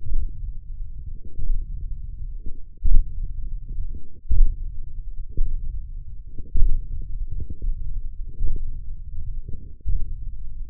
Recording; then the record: forearm muscle sounds (acoustic myography)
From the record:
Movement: hand opening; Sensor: system 1, eight BSWA MPA416 microphones around the upper forearm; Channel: 3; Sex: male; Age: 20 years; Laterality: left